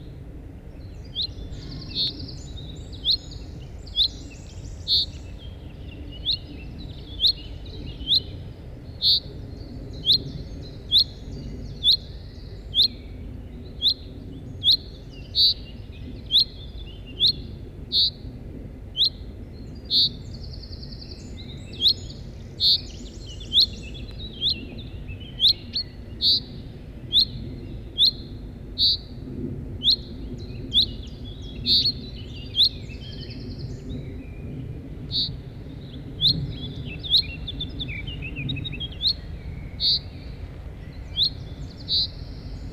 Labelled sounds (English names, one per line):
Common Chaffinch call